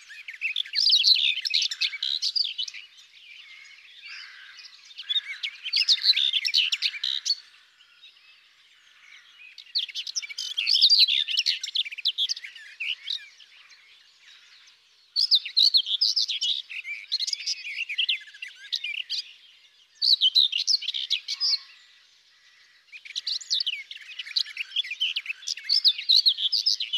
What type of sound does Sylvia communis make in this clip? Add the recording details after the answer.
song. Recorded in the wild. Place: Waltershofen / Freiburg im Breisgau, Baden-Württemberg, DE. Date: 2001-06-15. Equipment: MiniDisc Sharp MT 20 H. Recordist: Schwarz, Dieter. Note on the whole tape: Song